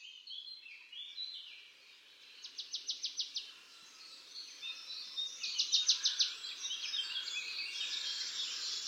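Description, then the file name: Marsh tit giving two short bursts of quick, evenly spaced sharp notes, with other songbirds twittering throughout. "Poecile palustris"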